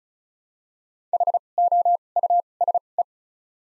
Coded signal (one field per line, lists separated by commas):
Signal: Morse code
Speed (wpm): 36 wpm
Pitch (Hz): 700 Hz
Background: none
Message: H O U S E